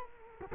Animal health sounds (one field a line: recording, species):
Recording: mosquito wingbeat signal from an infrared sensor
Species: Culex quinquefasciatus